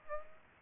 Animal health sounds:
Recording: mosquito wingbeat signal from an infrared sensor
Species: Aedes aegypti

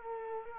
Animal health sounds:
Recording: mosquito wingbeat signal from an infrared sensor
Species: Culex quinquefasciatus

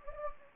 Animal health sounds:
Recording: mosquito wingbeat signal from an infrared sensor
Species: Anopheles gambiae

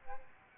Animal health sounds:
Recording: mosquito wingbeat signal from an infrared sensor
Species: Aedes aegypti

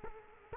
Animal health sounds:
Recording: mosquito wingbeat signal from an infrared sensor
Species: Culex quinquefasciatus

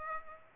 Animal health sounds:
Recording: mosquito wingbeat signal from an infrared sensor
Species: Aedes aegypti

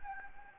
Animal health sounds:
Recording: mosquito wingbeat signal from an infrared sensor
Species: Anopheles gambiae

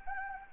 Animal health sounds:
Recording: mosquito wingbeat signal from an infrared sensor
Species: Anopheles arabiensis

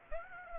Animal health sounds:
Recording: mosquito wingbeat signal from an infrared sensor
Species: Aedes aegypti

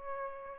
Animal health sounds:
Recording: mosquito wingbeat signal from an infrared sensor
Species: Aedes aegypti

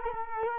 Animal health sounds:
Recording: mosquito wingbeat signal from an infrared sensor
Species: Culex quinquefasciatus

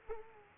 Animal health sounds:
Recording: mosquito wingbeat signal from an infrared sensor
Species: Culex quinquefasciatus

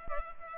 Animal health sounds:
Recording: mosquito wingbeat signal from an infrared sensor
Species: Culex pipiens

